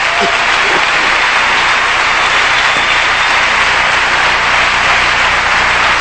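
Loud, sustained applause from a large crowd, a dense wash of clapping that holds steady for the full six seconds with no voices standing out.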